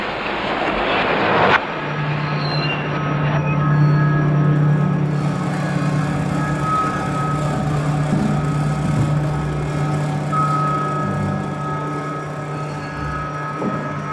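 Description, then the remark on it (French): A new car's engine starts for the first time at the end of an assembly line after a brief burst of rushing noise, then settles into a steady, low idling hum with faint whining overtones that runs on without speech. “L'une de ces voitures est arrivée à son point terminal. Elle a mis pour cela exactement 1h40. Le moteur est prêt à fonctionner.”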